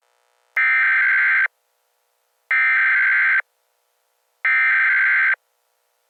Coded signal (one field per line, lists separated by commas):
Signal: Emergency Alert System (SAME) tones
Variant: header bursts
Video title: EAS Scenario - The Cataclysm